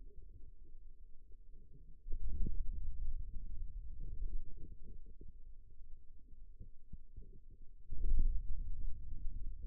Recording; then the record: forearm muscle sounds (acoustic myography)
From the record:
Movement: wrist flexion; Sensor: system 2, bracelet of six BSWA MPA416 microphones around the upper forearm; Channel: 3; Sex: male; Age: 22 years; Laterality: right